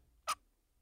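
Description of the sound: One brief, sharp squeaky burst: an adult imitating a sneeze held in rather than let out, the way a teacher sneezed repeatedly in back-to-back bursts while reading.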